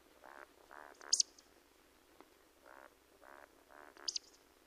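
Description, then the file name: Eurasian woodcock roding calls: a few low, throaty croaks, each run ending in a piercing high 'tsiwick', heard twice. "Beccaccia"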